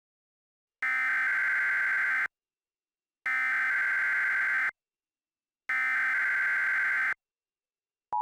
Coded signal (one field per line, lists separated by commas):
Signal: Emergency Alert System (SAME) tones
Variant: header bursts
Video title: EAS Mock #10.2: The Great Lake Erie Earthquake Part 2